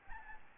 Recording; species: mosquito wingbeat signal from an infrared sensor; Aedes albopictus